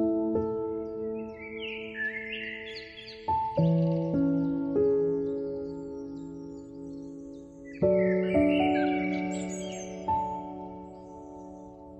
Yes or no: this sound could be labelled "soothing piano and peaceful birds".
yes